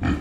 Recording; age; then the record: pig call; growing-finishing pig (85 days or more)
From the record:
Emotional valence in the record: negative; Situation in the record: barren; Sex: female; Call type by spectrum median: low-frequency call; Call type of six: low-frequency stable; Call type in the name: low-frequency stable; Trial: 1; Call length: 0.21 s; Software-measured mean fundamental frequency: 71 Hz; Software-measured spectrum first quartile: 135 Hz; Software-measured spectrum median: 283 Hz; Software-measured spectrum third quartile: 839 Hz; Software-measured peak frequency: 275 Hz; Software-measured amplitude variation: 116 dB a second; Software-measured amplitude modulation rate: 16.8 a second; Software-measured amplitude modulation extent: 6.9 dB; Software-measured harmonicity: 0.9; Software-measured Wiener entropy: -1.51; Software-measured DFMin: 486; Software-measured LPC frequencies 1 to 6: 1239, 1715, 2411, 3126, 3968, 4620 Hz